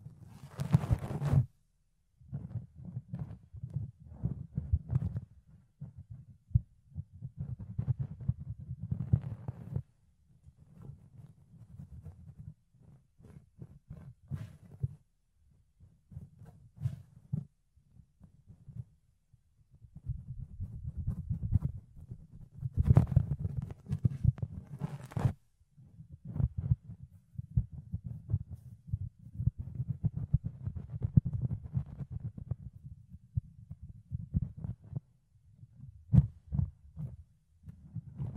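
Fluffy ear cleaning: soft, muffled low rubbing and brushing in uneven bursts, with brief silent gaps and occasional sharper crackly scratches throughout.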